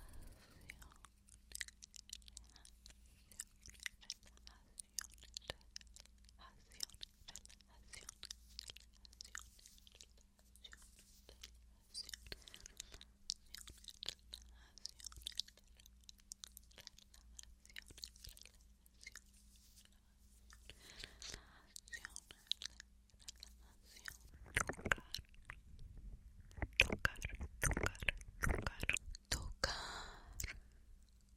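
Soft mouth sounds: dense wet clicks, smacks and little crunchy pops scattered quickly throughout, with a faint low hum underneath. Around the twenty-four second mark the sounds grow louder and fuller, with heavier rustling taps until the end.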